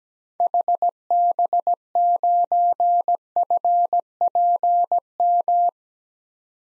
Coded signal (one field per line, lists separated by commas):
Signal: Morse code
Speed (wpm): 17 wpm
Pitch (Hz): 700 Hz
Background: none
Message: HB9FPM